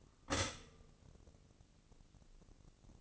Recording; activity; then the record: daily activity, microphone in the room; stop toaster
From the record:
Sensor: 4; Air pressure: 1008.1 hPa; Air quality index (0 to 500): 104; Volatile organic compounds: 1 ppm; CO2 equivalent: 770 ppm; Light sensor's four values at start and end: 9/21/8/9 and 10/22/9/9